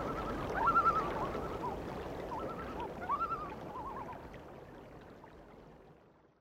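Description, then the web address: Loon calls: two quavering, wavering bursts, the second trailing off in wobbling notes, over a steady rushing background. "A Természet hangjai - Madárdal Sounds of Nature - Cry of the Loon"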